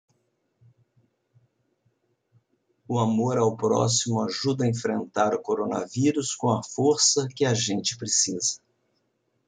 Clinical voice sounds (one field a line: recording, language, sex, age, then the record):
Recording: spoken sentence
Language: Brazilian Portuguese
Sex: male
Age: 60 to 69 years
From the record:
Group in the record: control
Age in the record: 60 years